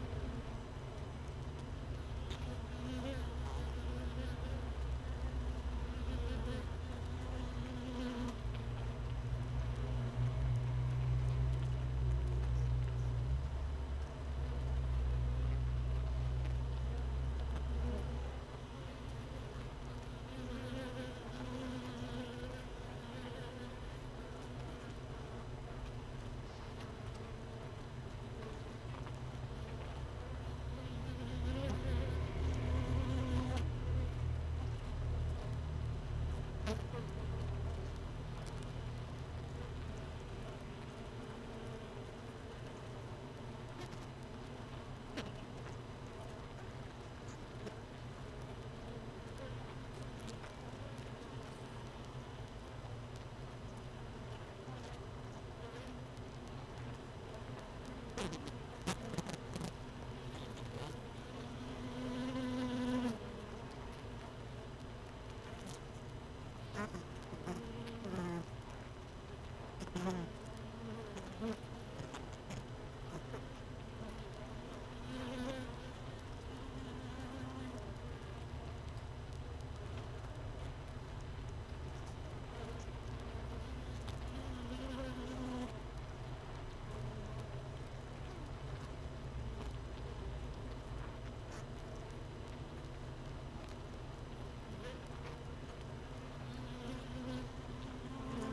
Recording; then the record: honeybee colony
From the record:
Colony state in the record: missing queen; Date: 31 May 2018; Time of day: 15:22